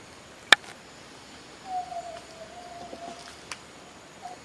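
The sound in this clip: Yellow-legged tinamou giving a long, steady, low whistle that dips slightly, followed by a brief softer note, with a few sharp clicks and faint hiss.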